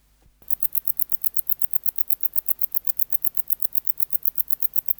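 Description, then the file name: Wart-biter song, starting after a short pause: rapid, evenly spaced high clicks, several per second, continuing steadily to the end. "Decticus verrucivorus"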